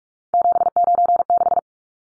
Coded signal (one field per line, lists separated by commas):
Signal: Morse code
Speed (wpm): 44 wpm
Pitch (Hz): 700 Hz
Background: none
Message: 796